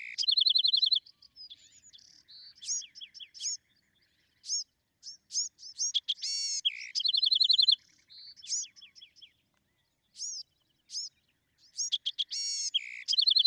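Bewick's wren singing: loud trilled phrases alternating with bright high chips and short descending notes.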